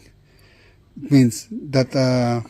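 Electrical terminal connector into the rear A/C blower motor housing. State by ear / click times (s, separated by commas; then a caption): not seated / none. An electrical terminal connector is handled at the rear A/C blower motor housing of a 2008 Toyota Kluger during troubleshooting and repair of a rear air conditioner that is not cooling. After about a second of near silence, someone talks. Nothing has seated or clicked yet; the connector is not yet home in the housing.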